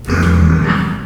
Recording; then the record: squeal of a Yucatan mini pig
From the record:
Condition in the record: after surgery on the right vocal fold (resection and tissue-engineered implant); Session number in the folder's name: 15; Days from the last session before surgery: 175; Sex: female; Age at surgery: 19 weeks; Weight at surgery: 25 kg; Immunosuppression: prednisolone